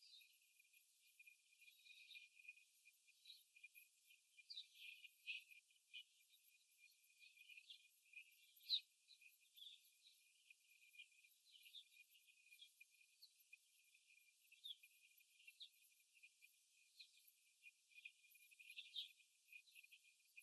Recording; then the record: young laying hens in a cage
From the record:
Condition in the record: after the stressor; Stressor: simulated dog barking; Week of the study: 3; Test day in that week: 2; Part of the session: 4